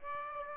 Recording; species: mosquito wingbeat signal from an infrared sensor; Aedes aegypti